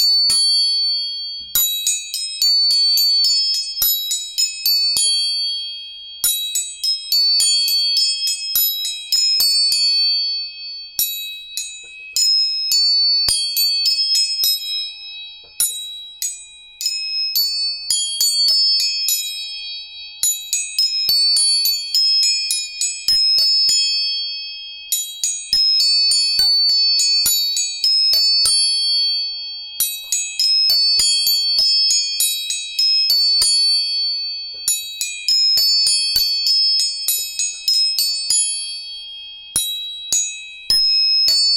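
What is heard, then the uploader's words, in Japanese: Tuning forks are struck again and again, giving clear, high, bell-like pings that ring briefly over a quiet background. The strikes come in busy clusters about every five seconds, with a steady high tone lingering underneath and short pauses between groups. 音叉チューニング。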